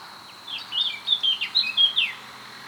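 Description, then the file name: Eurasian blackcap giving a short, rapid phrase of high, scratchy and chattering warbled notes. "Sylvia atricapilla"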